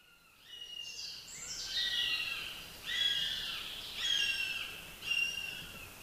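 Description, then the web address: Northern goshawk calling in a run of high, plaintive, down-slurred wails about once a second, some overlapping, over a soft background hiss. "Madardalok - Héja"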